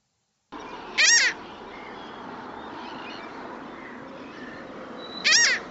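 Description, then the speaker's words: Mediterranean Gull giving two loud, nasal calls about four seconds apart over steady background hiss. Distinctive call, useful when sea-watching and one flies overhead; lower in pitch and longer than Common Gull's call. "Luckily for us, it has a really distinctive call, which can be helpful if you're sitting there sea-watching and one flies over your head."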